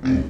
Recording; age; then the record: pig call; growing-finishing pig (85 days or more)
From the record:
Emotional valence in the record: negative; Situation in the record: barren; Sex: female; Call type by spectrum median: low-frequency call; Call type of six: low-frequency stable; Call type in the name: low-frequency stable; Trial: 1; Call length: 0.30 s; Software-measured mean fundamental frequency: 43 Hz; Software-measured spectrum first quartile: 171 Hz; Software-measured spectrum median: 252 Hz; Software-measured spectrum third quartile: 344 Hz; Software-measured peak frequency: 263 Hz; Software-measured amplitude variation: 134 dB a second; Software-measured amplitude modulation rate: 18.5 a second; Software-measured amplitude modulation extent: 7.3 dB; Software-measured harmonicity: 3.6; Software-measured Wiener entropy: -0.92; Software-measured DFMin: 1241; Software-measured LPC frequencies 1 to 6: 278, 1688, 2369, 3370, 4639, 5418 Hz